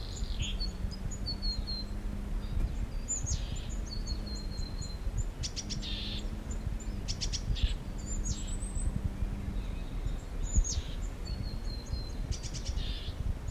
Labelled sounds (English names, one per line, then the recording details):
Willow Tit
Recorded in the wild
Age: adult
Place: Mirnock, Kärnten, AT
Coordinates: 46.758, 13.714
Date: 1968-04-15
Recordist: Brunner, Thomas